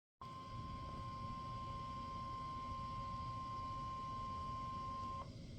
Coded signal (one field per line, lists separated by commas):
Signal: Emergency Alert System (SAME) tones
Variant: 1050 Hz attention tone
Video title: LSX - Severe Thunderstorm Warning on #KDO89 (EAS #14) 8/18/25